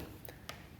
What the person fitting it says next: and they snap in place.